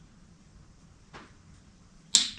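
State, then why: Torque reached. A 3/8 in. click-type torque wrench is tightened on an intake bolt of a 1957 Chevy 210 engine, working from the center outward. After quiet background and a faint tick near 1.1 s, the wrench gives a sharp, bright click at 2.2 s that rings briefly before fading. The click confirms the bolt has reached the set torque.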